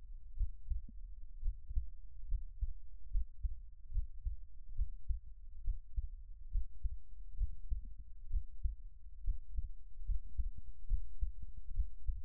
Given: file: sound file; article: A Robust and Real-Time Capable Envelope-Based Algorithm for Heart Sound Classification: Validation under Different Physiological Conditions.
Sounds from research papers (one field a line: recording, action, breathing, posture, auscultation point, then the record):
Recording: heart sounds by electronic stethoscope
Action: rest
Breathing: normal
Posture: lying on stomach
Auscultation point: Erb’s point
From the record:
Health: healthy, no known heart disease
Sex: male